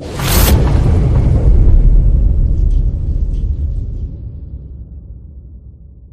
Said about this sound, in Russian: Наверное, генерал Краснов очень удивился, когда Юлий все-таки выстрелил.